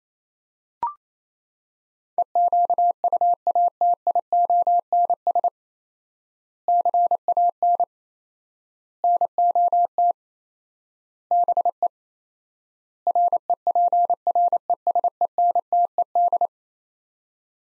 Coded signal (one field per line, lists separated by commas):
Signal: Morse code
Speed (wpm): 27 wpm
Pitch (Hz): 700 Hz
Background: none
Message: EQUATIONS CAN NOT BE REPRESENTED